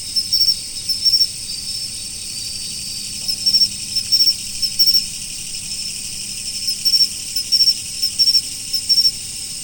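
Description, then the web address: Autumn insects: a constant shrill high tone with repeated short chirp bursts in groups. "nature 01 autumn insects"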